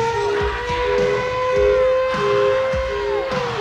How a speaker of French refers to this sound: Côté départ, la sirène de la mine du Nord